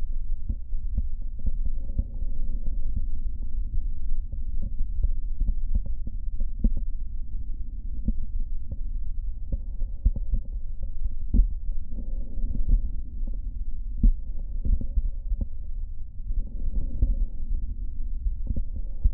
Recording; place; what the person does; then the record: lung sounds by stethoscope; right posterior basal chest; quiet breathing, then deep breathing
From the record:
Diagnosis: COPD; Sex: female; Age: 75 years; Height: 155 cm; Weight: 67.6 kg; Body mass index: 28.1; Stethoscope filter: diaphragm mode